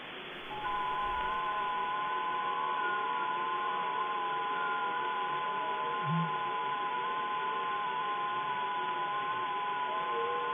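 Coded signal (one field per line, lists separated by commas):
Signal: FT8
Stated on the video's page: Received on an ICOM 7610 with a two-element hex beam, 100 W, on the 50 and 28 MHz bands.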